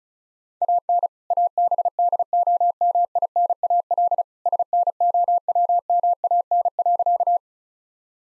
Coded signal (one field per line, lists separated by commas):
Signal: Morse code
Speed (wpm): 34 wpm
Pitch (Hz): 700 Hz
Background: none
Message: AN ABDOMINAL SNOWMAN.